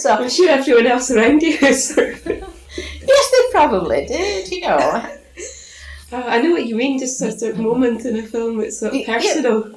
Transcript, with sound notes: I'm sure everyone else around you sort of... [laughs]
Yes they probably did, you know.
[laughs] Ah, I know what you mean. Just the sort of moment in a film that's sort of personal.